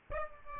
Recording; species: mosquito wingbeat signal from an infrared sensor; Aedes albopictus